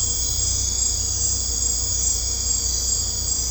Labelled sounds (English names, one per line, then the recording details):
none
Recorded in secondary vegetation near Puerto Asís, Putumayo, Colombia, on 16 December 2024 at 21:30
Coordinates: 0.502, -76.326
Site G028